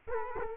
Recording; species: mosquito wingbeat signal from an infrared sensor; Culex quinquefasciatus